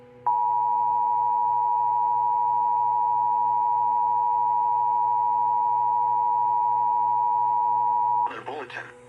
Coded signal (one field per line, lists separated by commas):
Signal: Emergency Alert System (SAME) tones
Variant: 853 and 960 Hz attention tone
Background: speech